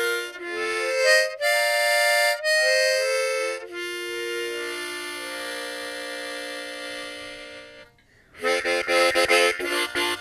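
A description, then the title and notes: A harmonica plays a few held, reedy chords that slide up and down in pitch, then sustains one long bright chord that slowly fades. After a short gap near eight seconds, a quicker, choppier pattern of bright chords returns and runs to the end. Harmonica playing.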